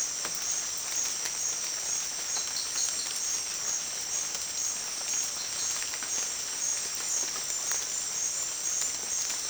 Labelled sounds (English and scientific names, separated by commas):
none